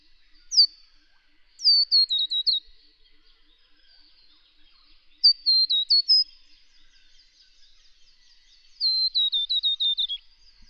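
Scarlet honeyeater song, with short phrases of rapid, high, chiming notes that step downward, repeated three or four times with gaps of a few seconds.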